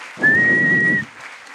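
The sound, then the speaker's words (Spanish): A short burst of audience applause for a writer of Comiqueando Online, dense and steady, with one sustained high-pitched whistle riding over the clapping for about a second before both stop abruptly. “fuerte el aplauso.”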